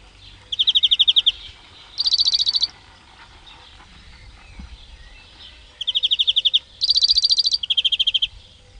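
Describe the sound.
European greenfinch song: rapid, rattling trills on alternating pitches, given in short bursts with pauses between phrases.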